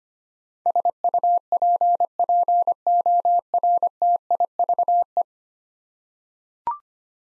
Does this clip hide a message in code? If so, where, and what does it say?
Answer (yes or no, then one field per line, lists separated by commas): yes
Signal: Morse code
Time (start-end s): 0.7-5.2 s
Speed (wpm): 25 wpm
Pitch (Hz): 700 Hz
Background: none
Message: SUPPORTIVE